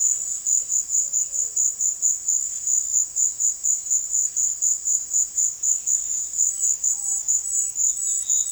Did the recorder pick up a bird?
yes